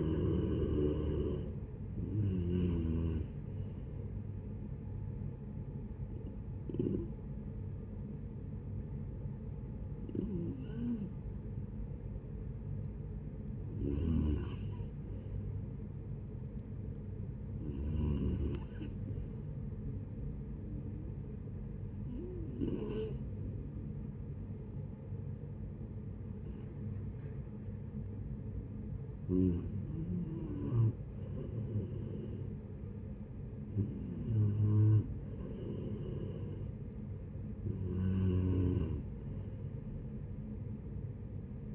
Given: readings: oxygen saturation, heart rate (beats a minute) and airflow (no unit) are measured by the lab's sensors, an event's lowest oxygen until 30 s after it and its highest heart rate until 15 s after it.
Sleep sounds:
breathing in sleep by a smartphone at the bedside; 1
1.00-31.00 s: new sleep stage, N3 (deep sleep)
6.00-28.00 s: hypopnea (N3, oxygen 94% highest, then 90% lowest, heart rate 74 at the start, 74 highest)
31.00-41.75 s: new sleep stage, N2 (light sleep)
From the record:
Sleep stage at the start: N2 (light sleep); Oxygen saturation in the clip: 89 to 94%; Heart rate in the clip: 62 to 74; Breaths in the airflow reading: 10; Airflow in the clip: -10.1 to 9.8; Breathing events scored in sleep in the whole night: 496 in 5.4 hours asleep

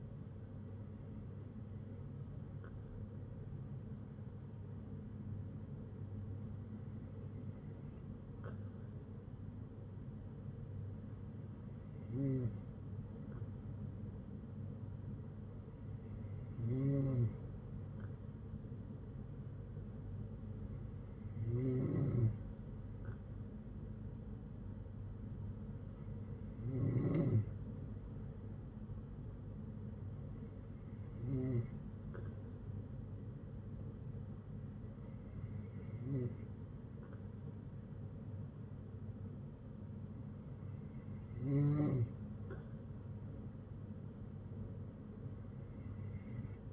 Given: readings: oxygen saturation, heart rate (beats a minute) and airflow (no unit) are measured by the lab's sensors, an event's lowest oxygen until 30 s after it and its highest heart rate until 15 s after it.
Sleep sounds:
breathing in sleep by a smartphone at the bedside; none
6.00-36.00 s: new sleep stage, N3 (deep sleep)
36.00-46.73 s: new sleep stage, N2 (light sleep)
From the record:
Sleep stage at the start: N2 (light sleep); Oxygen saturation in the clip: 94 to 96%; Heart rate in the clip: 60 to 67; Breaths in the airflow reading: 9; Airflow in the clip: -6.8 to 6.1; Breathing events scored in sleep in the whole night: 182 in 7.4 hours asleep

